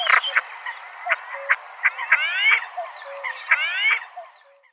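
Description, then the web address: Common pochard males calling: short soft notes and a few drawn-out upward-sliding whistles, several birds overlapping throughout. "Common Pochard males"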